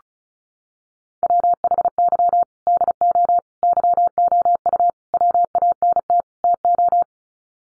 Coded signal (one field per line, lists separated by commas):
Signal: Morse code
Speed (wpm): 34 wpm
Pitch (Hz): 700 Hz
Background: none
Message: WHY DO YOU WANT TO